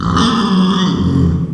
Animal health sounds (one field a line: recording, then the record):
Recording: squeal of a Yucatan mini pig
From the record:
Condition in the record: after surgery on the right vocal fold (resection and tissue-engineered implant)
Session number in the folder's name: 16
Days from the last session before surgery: 183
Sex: female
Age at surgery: 19 weeks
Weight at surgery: 25 kg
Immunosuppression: prednisolone